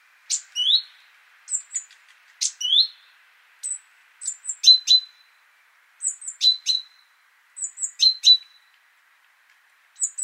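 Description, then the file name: Great tit calling with sharp high notes, two brief slurred upward notes early, then repeated clusters of thin high notes and doubled lower ticks. "Parus major"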